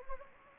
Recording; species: mosquito wingbeat signal from an infrared sensor; Anopheles gambiae